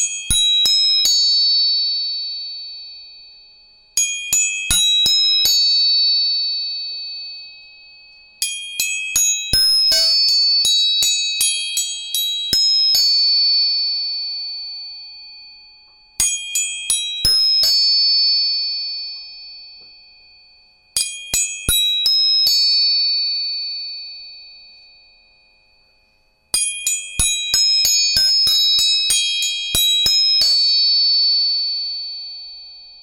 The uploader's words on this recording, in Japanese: 音叉チューニング全体性。